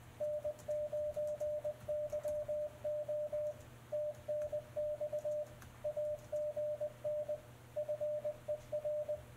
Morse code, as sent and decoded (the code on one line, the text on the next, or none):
-. ----. -.-- --- / - -. -..- / .- --. -. / ..-. . .-.
N9YO TNX AGN FER